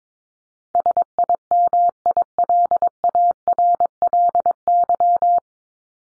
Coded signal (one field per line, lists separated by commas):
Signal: Morse code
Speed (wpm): 22 wpm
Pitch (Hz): 700 Hz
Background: none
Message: SIMILARLY